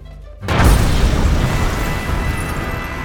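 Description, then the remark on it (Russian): A sudden explosion bursts in after a brief quiet, a deep booming blast followed by a long, loud rumbling roar that slowly tapers without fully fading. “Ну, осталось еще 7. Бабахнем.”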